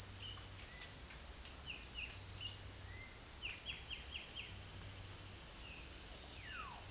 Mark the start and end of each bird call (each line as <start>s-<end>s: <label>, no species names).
0.00s-6.90s: bird call